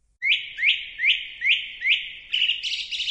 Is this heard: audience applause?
no